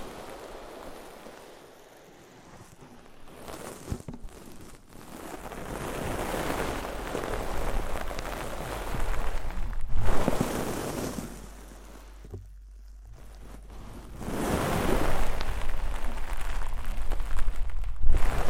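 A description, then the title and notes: Muffled ear cleaning: rushing, scratchy rubbing sounds that swell and fade in slow waves, like surf against the microphone. The first few seconds are quieter, a brief hush falls around twelve seconds, and a low steady rumble sits underneath from about five seconds on. ASMR INTENSE Deep Ear Cleaning (No Talking).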